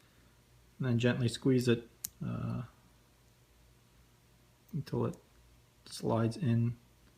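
A metal watch-strap spring bar is handled at the lugs of an Apple Watch band adapter: one end is placed in first and the bar is gently squeezed so it slides in. Someone talks over faint handling sounds. Nothing has snapped or seated yet.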